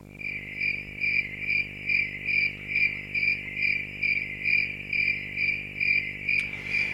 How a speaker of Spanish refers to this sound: Pues efectivamente, esos son los grillos. Iba a decir el canto del grillo. Y para empezar, esto no es un canto, por curioso que nos parezca.